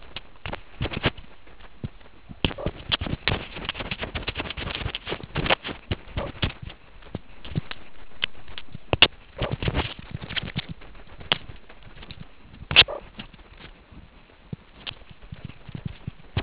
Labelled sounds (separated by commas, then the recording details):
meerkat close call
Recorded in the Kuruman River Reserve, South Africa
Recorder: an audio tag on a meerkat's collar